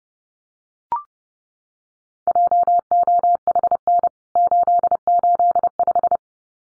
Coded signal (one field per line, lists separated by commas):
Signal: Morse code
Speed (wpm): 30 wpm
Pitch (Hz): 700 Hz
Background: none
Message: JOHN 885